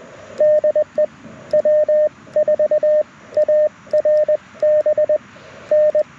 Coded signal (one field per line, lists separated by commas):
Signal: Morse code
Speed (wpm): 21 wpm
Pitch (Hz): 1800 Hz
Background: radio noise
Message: DE W4ARB N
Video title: Morse Code Monday #2 - 07/17/2023 @ K-4451